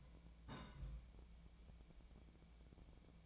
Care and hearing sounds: daily activity, microphone in the room; place on stove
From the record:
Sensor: 1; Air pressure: 1009.9 hPa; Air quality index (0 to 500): 188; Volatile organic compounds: 17 ppm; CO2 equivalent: 2581 ppm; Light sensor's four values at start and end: 38/95/40/49 and 38/96/40/49

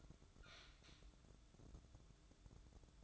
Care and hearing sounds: daily activity, microphone in the room; open fridge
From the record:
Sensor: 3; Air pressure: 1007.7 hPa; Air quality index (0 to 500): 79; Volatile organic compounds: 1 ppm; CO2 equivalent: 674 ppm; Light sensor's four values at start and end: 13/30/12/13 and 13/30/12/13

